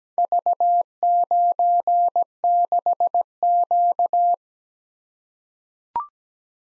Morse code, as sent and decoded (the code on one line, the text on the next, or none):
...- ----. -.... --.-
V96Q